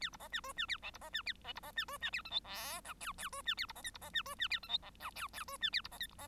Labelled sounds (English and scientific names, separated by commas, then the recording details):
Bengalese Finch (Lonchura striata domestica) song
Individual Bird1